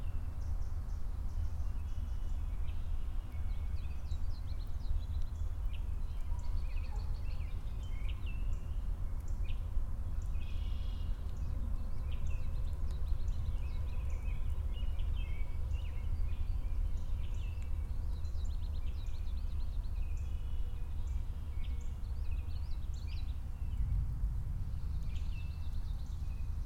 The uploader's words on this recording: Lots of birds active in a sparse and open black walnut stand along Loon Lake.